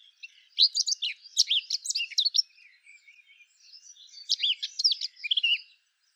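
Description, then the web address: Eurasian blackcap song: two separate phrases of rapid, varied warbled notes with a quiet gap between them. "SETE data Sylvia atricapilla"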